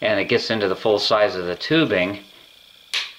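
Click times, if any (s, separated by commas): 2.9 s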